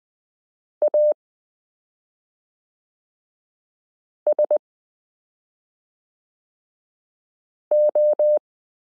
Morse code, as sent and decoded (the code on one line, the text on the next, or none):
.- ... ---
ASO